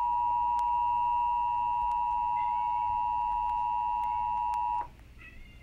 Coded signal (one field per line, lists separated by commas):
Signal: Emergency Alert System (SAME) tones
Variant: 853 and 960 Hz attention tone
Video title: EAS Request Scenario:YOURE SO DEAD (Requested by Owen Best)